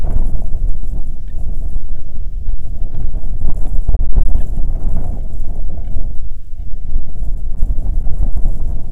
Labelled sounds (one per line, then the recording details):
bird
wind
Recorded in the Prudhoe Bay oil fields, Alaska, on 21 June 2019 at 10:42
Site 22